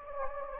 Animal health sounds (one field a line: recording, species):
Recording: mosquito wingbeat signal from an infrared sensor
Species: Anopheles gambiae